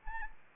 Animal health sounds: mosquito wingbeat signal from an infrared sensor; Anopheles arabiensis

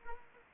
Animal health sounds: mosquito wingbeat signal from an infrared sensor; Anopheles arabiensis

